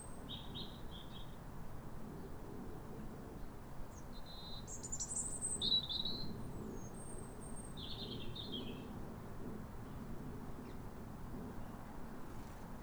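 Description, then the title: European robin song, high sweet phrases and thin squeaky notes in the first eight seconds, then quieter, with a soft low hum underneath. Pair of robins in neighbouring gardens singing to each other at a clear, calm sunrise on New Year, in winter after weeks of rain. "Sound Escape 150: Be uplifted by a chorus of New Year's robins"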